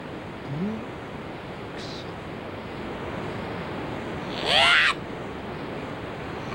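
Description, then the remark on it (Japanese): A waterfall that someone is trying to cut: a steady, dense roar of rushing water fills the whole clip, broad and unbroken, with a brief brighter swish rising out of it near the end. “滝を切るなんてそう簡単にはいかないぜ。”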